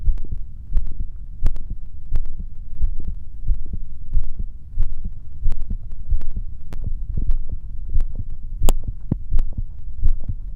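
Soft, low thumping heartbeats repeat at about 87 beats a minute, each with a faint click, over a constant low hum. A plain, calming heartbeat.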